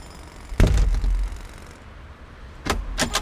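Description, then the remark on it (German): A heavy clunk with a low rumble as a door is unlocked and opened, followed a moment later by a quick series of three sharp metallic clicks from a latch or key. “Gut, dann machen Sie mal die Tür auf.”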